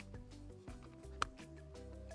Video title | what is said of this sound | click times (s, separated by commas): The New Beretta 30X Tomcat Suppressor Ready | heard that click locked right in | 1.2 s